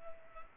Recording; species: mosquito wingbeat signal from an infrared sensor; Culex pipiens